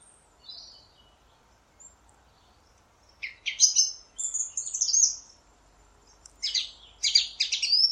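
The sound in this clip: Song thrush song: loud, sharp, chattering phrases with brief gaps between them and faint background noise.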